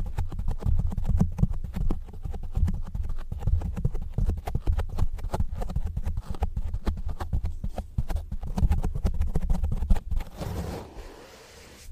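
Rough scratching and scraping with rapid, dense clicks over a heavy low rumble, continuing steadily before thinning out near the end.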